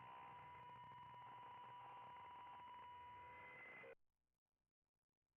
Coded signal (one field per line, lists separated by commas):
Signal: PSK63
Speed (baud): 62.5 baud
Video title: M0KNM - RSGB 3.5MHz Club Championship Data Contests Livestream 02/06/25